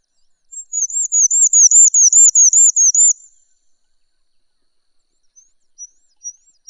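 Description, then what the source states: Bird singing a rapid series of high, looping whistles for two and a half seconds, followed by quiet and a few scattered thin chirps. Masteran song used to tutor birds.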